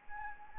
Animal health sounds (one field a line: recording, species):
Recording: mosquito wingbeat signal from an infrared sensor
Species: Anopheles gambiae